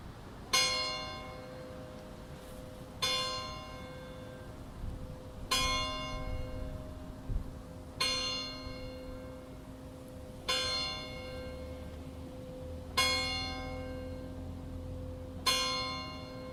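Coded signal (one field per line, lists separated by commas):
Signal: clock strike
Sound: a large church bell strikes slowly, seven strokes each ringing out, continuing past the end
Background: low outdoor rumble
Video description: Battiore e distesa della grande (dura 2 minuti) delle 12:00 per l'Angelus feriale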